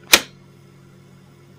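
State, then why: Seated. A PCI Express graphics card is pressed down into the motherboard's plastic PCIe slot, and a single sharp click is heard at 0.1 s as the slot's retention latch snaps. After it, only a low steady hum remains, and the card is seated.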